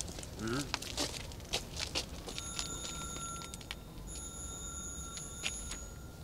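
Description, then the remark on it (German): A police officer rings a doorbell twice, each a steady, high, buzzing tone held for over a second with a short gap between, after some scuffing footsteps over a low background hum. “Soll ich läuten?”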